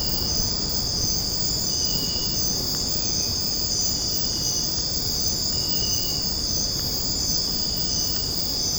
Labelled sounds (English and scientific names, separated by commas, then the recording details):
none
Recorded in secondary vegetation near Puerto Asís, Putumayo, Colombia, on 9 March 2025 at 00:30
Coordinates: 0.481, -76.318
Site G097